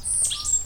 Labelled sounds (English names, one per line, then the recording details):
Stitchbird song
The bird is a male
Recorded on Tiritiri Matangi Island, New Zealand, in 2005
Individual 17, of nest box 25